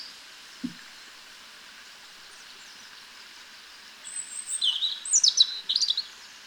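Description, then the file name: European robin song heard after a quiet start with one soft low thump: a thin high whistle followed by rapid, high-pitched twittering notes near the end. "Erithacus rubecula"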